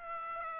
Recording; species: mosquito wingbeat signal from an infrared sensor; Aedes aegypti